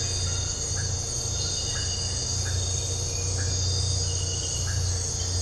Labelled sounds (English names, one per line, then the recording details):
none
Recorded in dense forest near Puerto Asís, Putumayo, Colombia, on 13 March 2025 at 01:30
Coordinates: 0.468, -76.322
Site GP01